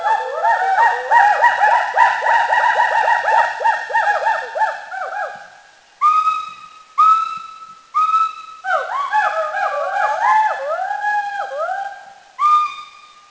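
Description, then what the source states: Mishmi hoolock gibbon calls: rapid repeated whooping notes that rise and fall in pitch in a continuous bout that fades, then after a pause separate rising hoots and overlapping whoops. Recorded in India.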